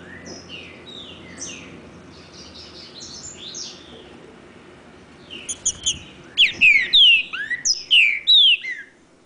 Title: Trinca Ferro NICÃO No Mato Disputando Com Solto